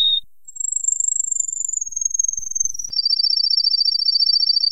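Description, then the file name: Canary song opening with a short note, then a long, thin, high whistle that slowly steps downward, then a rapid buzzy trill of pulsed notes. "kenari"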